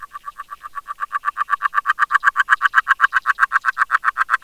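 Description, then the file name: Agile frog song: a fast, steady series of short knocking notes, growing louder over the first two seconds and then holding steady. Calling underwater in a pond, picked up by an overnight hydrophone, from 3 a.m. at the end of January, in winter with relatively mild temperature. "Ribines audionaturaliste Fernand Deroussen"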